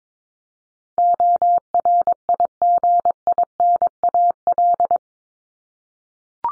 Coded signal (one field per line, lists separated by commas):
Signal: Morse code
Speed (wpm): 22 wpm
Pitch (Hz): 700 Hz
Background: none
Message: ORIGINAL